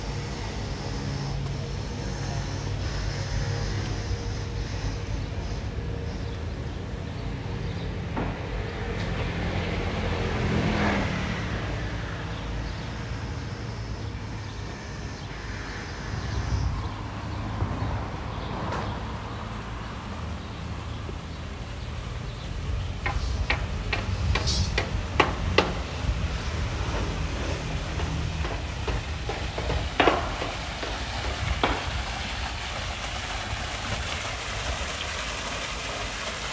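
A walk through Ramat Aviv, Israel, carried on a steady low rumble of traffic that never lets up. Voices murmur now and then, and from about 23 seconds on a series of sharp clicks and taps cuts through, with another crisp knock near 30 seconds.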